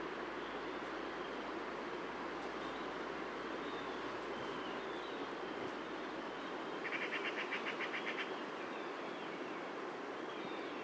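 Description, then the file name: Eurasian magpie giving a short, dry, rapid chattering rattle partway through, over constant rumbling background noise. "Pica pica"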